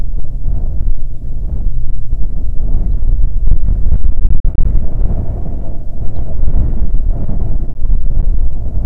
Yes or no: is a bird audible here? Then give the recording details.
yes. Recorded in the Prudhoe Bay oil fields, Alaska, on 5 June 2019 at 10:35. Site 16